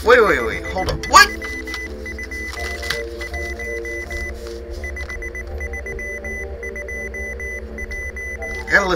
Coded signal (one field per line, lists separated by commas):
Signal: Morse code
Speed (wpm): 19 wpm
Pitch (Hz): 2000 Hz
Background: speech, music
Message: 5321 5321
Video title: Steam One Shots- Dabda | I Gotta Know Morse Code!?!?!